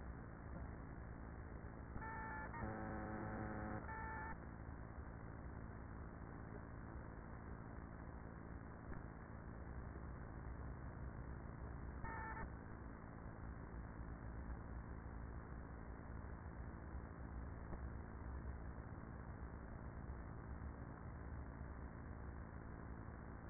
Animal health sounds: honeybee colony, microphone inside the hive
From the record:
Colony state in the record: queenless with a low population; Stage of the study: after two queens were removed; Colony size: about 30,000 bees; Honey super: no

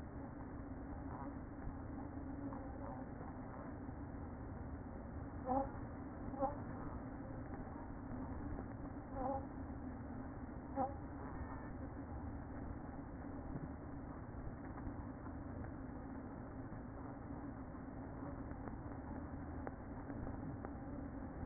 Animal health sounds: honeybee colony, microphone inside the hive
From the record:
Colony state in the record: queen present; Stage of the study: after two queens were removed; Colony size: about 60,000 bees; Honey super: yes

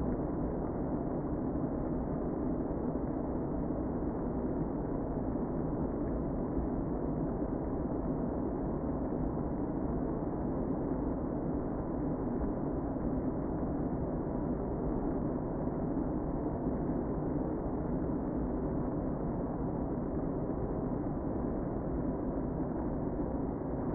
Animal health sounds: honeybee colony, microphone inside the hive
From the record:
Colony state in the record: queen present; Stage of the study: before two queens were removed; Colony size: about 60,000 bees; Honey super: yes

